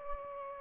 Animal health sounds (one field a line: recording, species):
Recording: mosquito wingbeat signal from an infrared sensor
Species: Anopheles gambiae